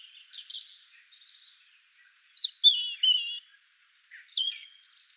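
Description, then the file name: European robin song, varied high phrases of descending slurred whistles and thin squeaks, separated by short silences, ending on a sharp high note. "Erithacus rubecula"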